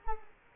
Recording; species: mosquito wingbeat signal from an infrared sensor; Culex quinquefasciatus